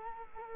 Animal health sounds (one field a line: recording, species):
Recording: mosquito wingbeat signal from an infrared sensor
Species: Culex quinquefasciatus